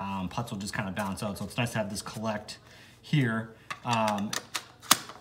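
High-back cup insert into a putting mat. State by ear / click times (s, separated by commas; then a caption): seated / 4.9 s. A plastic high-back cup insert is pressed back into a putting mat's practice surface while someone talks. A single sharp click at 4.9 s marks the insert snapping back in place.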